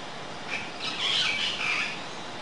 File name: short tailed parrot